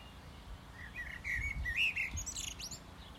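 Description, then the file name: Common blackbird song: mellow, fluty whistled notes, then a high, squeaky twittering flourish at the end, over a low rumbling background hum. "Amsel"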